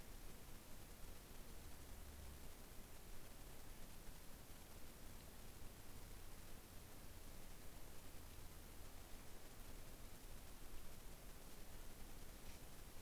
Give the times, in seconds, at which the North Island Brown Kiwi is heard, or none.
none